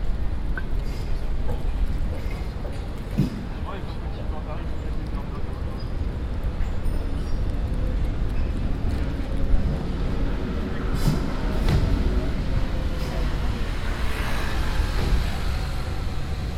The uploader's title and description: Amsterdam Street Sounds. Busy Amsterdam streets. Cyclists, trams, boats and cars.